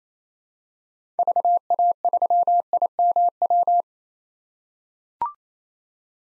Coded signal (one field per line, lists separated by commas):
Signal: Morse code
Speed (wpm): 28 wpm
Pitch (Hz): 700 Hz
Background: none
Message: VA3IMW